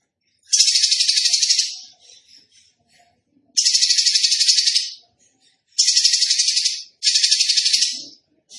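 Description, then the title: Tembakan bird song: dry, buzzy, high-pitched rattling trills about one to one and a half seconds long, separated by short pauses, with faint ticks between bursts. Masteran for training cage birds; the bird is gacor, singing actively and often. "Masteran Burung Tembakan Gacor"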